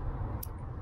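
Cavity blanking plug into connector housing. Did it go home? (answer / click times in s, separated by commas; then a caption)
yes / 0.4 s. An empty sealing plug is lined up, hooked into the unused cavity of a plastic connector housing and pushed in while installing a Mopar auxiliary switch bank 82215798AD on a Jeep JL Wrangler. Over a steady low background rumble, a single short, sharp click sounds at 0.4 s. The plug is seated in the connector.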